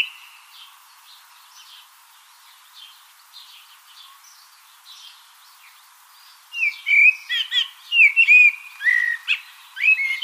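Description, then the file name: Common blackbird song: soft, faint warbling at first, then after about six seconds loud fluty whistled phrases broken by squeaky twitters. "Turdus merula"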